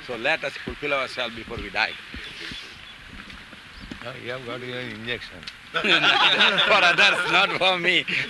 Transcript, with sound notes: so let us fulfill ourself before we die.
No, you have got your injection. [laughter]
That is not for me.